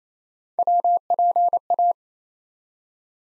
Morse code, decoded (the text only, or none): WPA